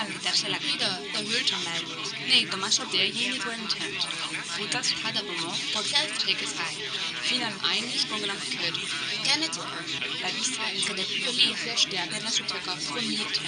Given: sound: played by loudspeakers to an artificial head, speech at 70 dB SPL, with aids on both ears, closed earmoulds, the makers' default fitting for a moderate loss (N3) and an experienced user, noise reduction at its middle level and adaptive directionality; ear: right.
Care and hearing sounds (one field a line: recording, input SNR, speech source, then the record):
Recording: speech test signal (ISTS) in cocktail-party noise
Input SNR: -3 dB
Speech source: on the right (90 degrees)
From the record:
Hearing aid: class 2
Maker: A